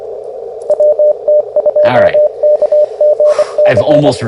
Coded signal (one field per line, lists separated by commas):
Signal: Morse code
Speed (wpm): 24 wpm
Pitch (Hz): 590 Hz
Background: speech, radio noise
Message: WT2KGC